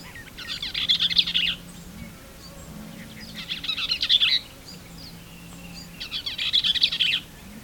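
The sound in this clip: Bell's vireo singing three hurried, chattering, husky phrases at steady intervals of nearly three seconds, with a soft low drone underneath.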